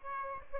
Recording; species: mosquito wingbeat signal from an infrared sensor; Aedes aegypti